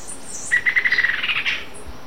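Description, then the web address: Rufous-winged antwren singing a quick, even series of sharp notes for about a second, becoming slightly harsher near the end, with faint high insect buzzing behind. Recorded in Ecuador. "Birds of Ecuador. Rufous-winged Antwren"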